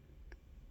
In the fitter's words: This snaps right in and stays in.